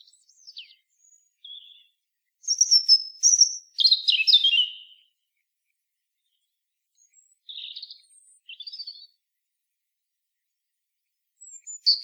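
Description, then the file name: European robin delivering varied, high-pitched song phrases: faint thin notes, then a louder sparkling whistle and tumbling warble, later softer scratchy fragments and a final high note. "Erithacus rubecula"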